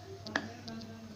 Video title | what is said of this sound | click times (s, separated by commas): Part 03 Honda CRZ/Fit k-Swap,Taking out OEM engine & Preparing new engine | now i will rotate it clockwise and you will hear a click when it is locked | 0.4 s